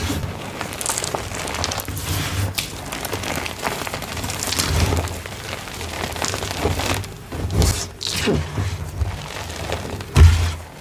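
Dyed gym chalk is crushed in a steady run of crisp, flaky crunches, dense and bright with fine crackle throughout. Sharper crumbling bursts stand out around 2.5, 7.5 and 8 seconds, and a low dull thud lands near 10 seconds.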